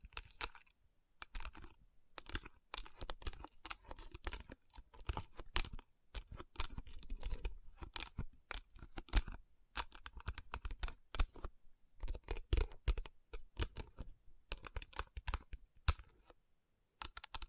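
Tapping and rubbing on rhinestone-covered palms: dense bursts of crisp, bright clicks and scratchy rubs, packed close together with short pauses around 2, 4, 11 and 17 seconds. The taps are irregular and sharp, with a faint low rumble underneath.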